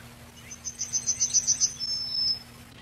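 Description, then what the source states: Yellowhammer singing a rapid series of high, repeated chips, then a sustained thin closing note; faint steady hum underneath. Recorded 10 July 1991.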